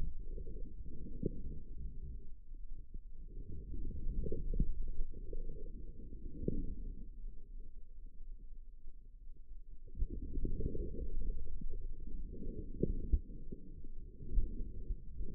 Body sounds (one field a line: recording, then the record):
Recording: forearm muscle sounds (acoustic myography)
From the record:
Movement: outward rotation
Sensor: system 2, bracelet of six BSWA MPA416 microphones around the upper forearm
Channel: 4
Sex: female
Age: 25 years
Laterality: right